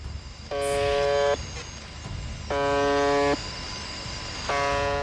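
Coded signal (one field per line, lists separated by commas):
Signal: channel marker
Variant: UVB-76 (The Buzzer)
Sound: three harsh, low, rasping buzzes about a second long, repeating every two seconds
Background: radio static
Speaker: 자, 라디오에서 끊임없이 들려오는 의문의 버음.이 이 소리는 1분에 약 25번씩 24시간 내내 송출됩니다.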